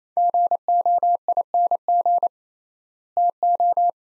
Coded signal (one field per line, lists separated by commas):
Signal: Morse code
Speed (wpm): 28 wpm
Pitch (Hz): 700 Hz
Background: none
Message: GOING TO